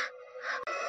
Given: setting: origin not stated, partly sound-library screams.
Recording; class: one-second piece from a danger detection set; woman in danger